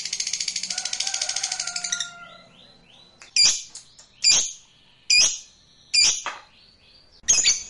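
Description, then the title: Lovebird: a rapid, rattling high twitter for two seconds, then loud sharp squeaky calls repeated roughly every second. Meant to stimulate a lazy, non-singing lovebird to sing spontaneously. "LOVEBIRD Malas Bunyi JADI GREGET SPONTAN Langsung NARIK"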